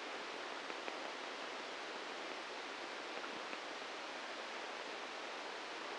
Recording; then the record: brain microelectrode recording played as sound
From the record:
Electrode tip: outside the subthalamic nucleus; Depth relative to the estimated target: 3 mm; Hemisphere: right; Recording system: NeuroSet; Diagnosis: Parkinson's disease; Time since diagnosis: 7 years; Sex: male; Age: 44 years